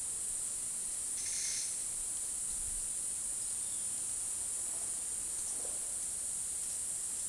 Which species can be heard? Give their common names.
none